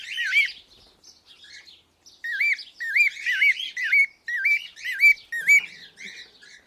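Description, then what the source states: Cockatiel giving loud wavy chirps, a quiet stretch of soft notes early on, then a regular series of bright warbled calls. Pearl colour variety.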